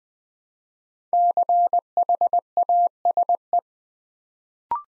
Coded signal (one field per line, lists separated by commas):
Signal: Morse code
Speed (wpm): 20 wpm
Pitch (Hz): 700 Hz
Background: none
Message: CHASE